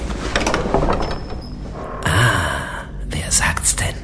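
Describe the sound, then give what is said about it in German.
A door handle is carefully pressed down, then a cellar door off a stairwell creaks and scrapes open in two loud, rough bursts, with a thin squeaky whine earlier in the sound. “Zuko lauschte an der ersten, hörte aber nichts und drückte vorsichtig die Klinke runter”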